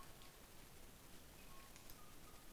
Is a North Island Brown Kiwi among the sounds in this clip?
no